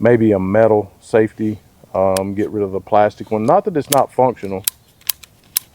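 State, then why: Seated. Someone talks, then the plastic ambidextrous safety selector lever in the lower receiver of a Stribog SP9A3 pistol-calibre carbine is flicked between positions. It gives sharp clicks at 5.1 s and 5.6 s as it snaps crisply into its detent with very positive lock-up.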